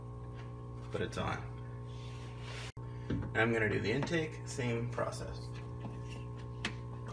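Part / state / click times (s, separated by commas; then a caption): intake hose coupling onto canister filter head / seated / 6.6 s. Someone talks over a steady low hum while the plastic intake hose coupling is pressed onto the head of a Fluval FX6 canister filter. A short, sharp click at 6.7 s marks the coupling seating onto the filter head, confirmed with a tug.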